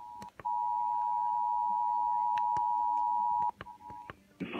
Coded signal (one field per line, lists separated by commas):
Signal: Emergency Alert System (SAME) tones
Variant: 853 and 960 Hz attention tone